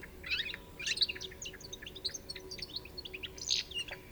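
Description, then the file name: European goldfinch calls: a lively stream of tinkling, twittering notes, dense bursts of chatter interspersed with short high chips, over a low steady background hum. "Carduelis carduelis 151205"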